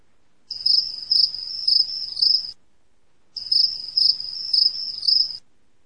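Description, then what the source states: Cricket chirping in two high, pulsing bursts of about two seconds each, separated by a short silent pause. At night.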